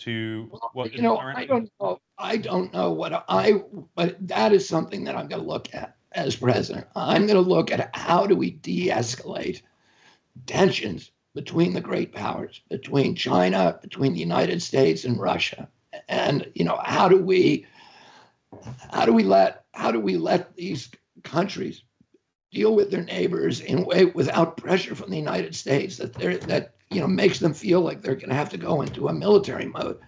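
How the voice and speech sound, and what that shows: Adult male speaker in an interview, speaking with a strained, broken, rough voice with frequent breaks and pauses. The sound of his voice is due to the spasmodic dysphonia he suffers from.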